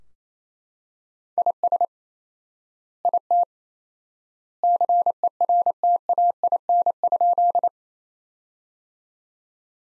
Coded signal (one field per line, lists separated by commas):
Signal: Morse code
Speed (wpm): 28 wpm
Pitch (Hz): 700 Hz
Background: none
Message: IS IT CERTAIN?